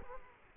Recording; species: mosquito wingbeat signal from an infrared sensor; Culex quinquefasciatus